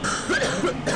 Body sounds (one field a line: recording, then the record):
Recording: coughing mixed with background sound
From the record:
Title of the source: female coughing - coughing sound effects girl